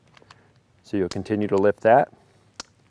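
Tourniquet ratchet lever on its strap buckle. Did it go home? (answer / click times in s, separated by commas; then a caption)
yes / 2.6 s. A ratcheting tourniquet's lever is lifted on its strap buckle to tighten the strap around a limb while someone talks. A sharp click at 2.6 s marks the ratchet clicking into place and holding, so no slack can come back out.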